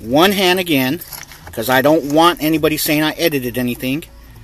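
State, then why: Not seated. An aux cable plug is handled one-handed at the back of the audio unit harness connector on a 745Li/750Li E65/E66 while someone talks. Faint jangling and handling sounds are heard under the voice. Nothing has seated or clicked yet.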